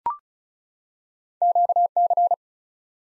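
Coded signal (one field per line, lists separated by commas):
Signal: Morse code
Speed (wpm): 36 wpm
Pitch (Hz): 700 Hz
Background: none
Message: QC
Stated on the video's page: ARRL section abbreviations sent at 35 wpm as a head-copy drill for Field Day contest exchanges, each sent twice.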